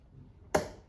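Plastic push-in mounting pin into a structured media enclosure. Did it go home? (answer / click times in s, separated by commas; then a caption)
yes / 0.6 s. A plastic Leviton push-in mounting pin is pushed into a Leviton Wireless Media Center structured media enclosure, giving a single sharp, bright snap at 0.55 s over quiet background noise, which rings out briefly. The pin seats, opening up on the inside and locking into place.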